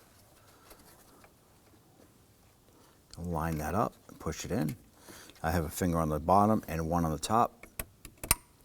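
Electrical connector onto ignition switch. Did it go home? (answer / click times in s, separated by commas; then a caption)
yes / 8.3 s. An electrical connector is lined up and pushed by hand, with one finger on the top and one on the bottom, onto the new ignition switch of a 2015-2020 Ford F-150. Someone talks, then a few short snaps follow, and the connector clicks and locks into place at 8.3 s.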